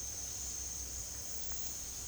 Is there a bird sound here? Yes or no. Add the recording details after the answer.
no. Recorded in secondary vegetation near Puerto Asís, Putumayo, Colombia, on 20 February 2024 at 08:30. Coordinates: 0.481, -76.323. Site G6376